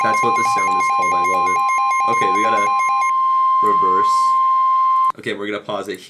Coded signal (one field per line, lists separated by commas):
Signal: Emergency Alert System (SAME) tones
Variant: 1050 Hz attention tone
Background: speech